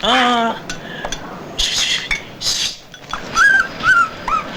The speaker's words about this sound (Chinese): 喂，叔啊，赶咗只狗得唔得啊？ 哎，自来狗富啊，唔赶得嘅。 快啲赶走佢啦！